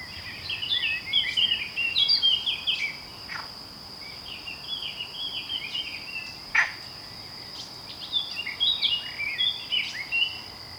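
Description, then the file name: Eurasian blackcap delivering bursts of jumbled, musical warbling repeated several times, separated by brief pauses and a few sharp clicks, over a steady high hum. "Sylvia atricapilla"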